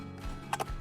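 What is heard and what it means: A solar flood light head is pulled free from its plastic wall mounting bracket after the release tab is pressed. Two short, sharp clicks sound at 0.5 and 0.6 seconds over a low background rumble. The light comes out, released from the bracket.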